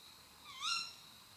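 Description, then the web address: Tawny owl makes a single harsh, nasal call that dips and swings upward, set against a faint steady high whine. Female; call of a nocturnal raptor. "canti rapaci notturni canto verso femmina allocco strix aluco tawny owl waldkauz carabo comun chouette hulotte"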